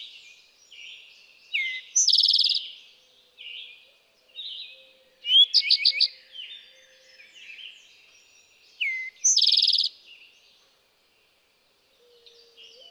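Eastern towhee songs, each a crisp falling note and a fast buzzy trill, given twice several seconds apart, with a different fast phrase between them and softer chirps around.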